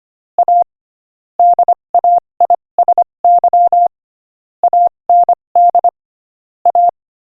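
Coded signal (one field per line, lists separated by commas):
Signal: Morse code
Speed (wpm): 25 wpm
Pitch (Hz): 700 Hz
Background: none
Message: A DAISY AND A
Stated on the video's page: Morse code practice at 25 wpm, sending a joke.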